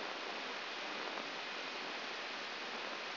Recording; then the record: brain microelectrode recording played as sound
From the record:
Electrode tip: outside the subthalamic nucleus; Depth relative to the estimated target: -6 mm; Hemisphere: right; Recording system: AlphaMap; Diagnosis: Parkinson's disease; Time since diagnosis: 10 years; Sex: female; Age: 63 years